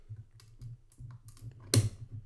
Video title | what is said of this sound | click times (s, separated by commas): Canon AE-1 Program - Unboxing, Film Loading and First Impressions | and it clicks in make sure it clicks in and now we'll rewind another time | 1.7 s